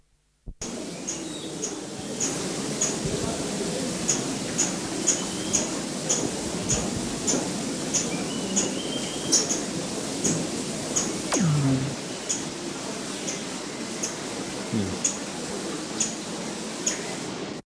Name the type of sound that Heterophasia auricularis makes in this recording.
call